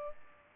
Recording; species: mosquito wingbeat signal from an infrared sensor; Culex pipiens